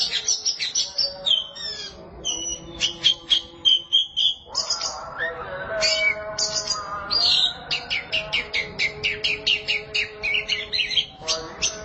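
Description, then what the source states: Oriental magpie-robin song of fast repeated chirps and whistles, with a drawn-out harmonic, nasal note midway, over a steady low background tone. Chirping song (kicauan) of the bird.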